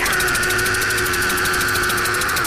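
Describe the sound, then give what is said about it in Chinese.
A small car's engine runs steadily as police set off, a loud continuous hum with a faint rhythmic chugging pulse throughout and no voices. “唐玉琪坐上小汽车，真机地就把那个摩托骑。”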